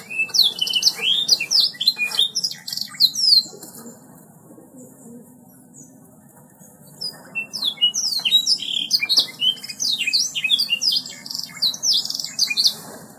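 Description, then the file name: Bird singing a rapid, jumbled string of shrill chirps and swept notes, pausing for several seconds midway before resuming, against a low background hum. "omkicau"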